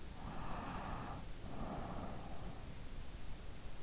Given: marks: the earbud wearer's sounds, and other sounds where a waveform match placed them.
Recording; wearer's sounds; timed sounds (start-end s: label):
sounds in sleep by an in-ear microphone; breath
0.08-2.68 s: breath